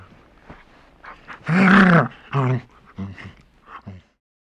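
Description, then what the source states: Dog giving a deep, rumbling growl, one long loud growl followed by a shorter one, then softer grunting bursts trailing off. Large dog, growling and sneezing.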